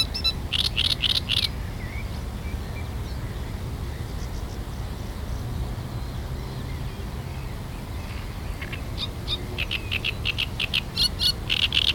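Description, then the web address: Great reed warbler song: coarse, croaking chatter at the start and again near the end, a quieter gap between, over continuous low-pitched background noise. Recorded on 23 June. "linnut rastaskerttunen 2306"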